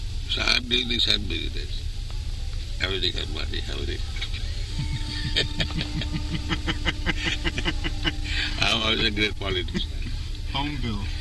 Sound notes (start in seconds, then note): 4.2 laughs; 9.6 laughs